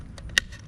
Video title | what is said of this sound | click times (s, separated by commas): How to FIX this Common Fuel Gauge issue "----" (it's not the computer) | And you heard the little click in place. | 0.4 s